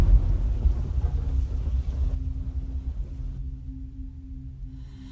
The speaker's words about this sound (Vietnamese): ngoài kia, nơi mặt biển, mưa vẫn trút xuống như xối nước